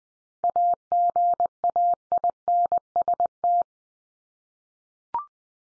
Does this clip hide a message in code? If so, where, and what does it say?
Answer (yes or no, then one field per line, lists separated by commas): yes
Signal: Morse code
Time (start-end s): 0.4-3.6 s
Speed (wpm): 20 wpm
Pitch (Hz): 700 Hz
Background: none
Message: AGAINST